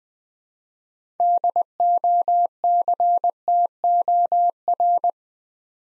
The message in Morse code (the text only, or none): DOCTOR